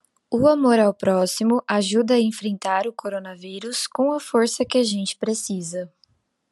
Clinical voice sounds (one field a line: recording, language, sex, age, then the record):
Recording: spoken sentence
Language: Brazilian Portuguese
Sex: female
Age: 20 to 29 years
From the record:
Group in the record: control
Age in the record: 24 years